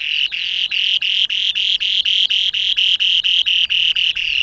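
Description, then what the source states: Spoon-billed sandpiper display call, a loud buzzy trill of rapidly repeated high notes, about four each second, held steadily throughout. Male on breeding grounds in Russia; call given with a flying display, hovering over a territory he is staking out, to attract attention.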